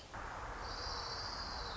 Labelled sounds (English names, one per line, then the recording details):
Orange-crowned Warbler
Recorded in Sonoma County, California